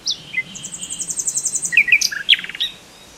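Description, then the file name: Common nightingale song: a few opening notes, a rapid train of high repeated notes, then slurred notes and a fast series of repeated notes. "Luscinia megarhynchos"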